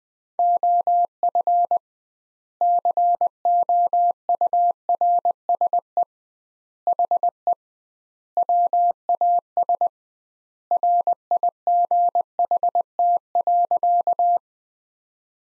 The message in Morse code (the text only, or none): OF COURSE HE WAS RIGHT.